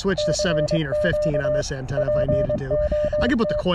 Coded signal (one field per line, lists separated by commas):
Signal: Morse code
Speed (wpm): 24 wpm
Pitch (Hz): 600 Hz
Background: speech, radio noise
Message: CQ POT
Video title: Exercise in frustration: CW POTA at Letchworth State Park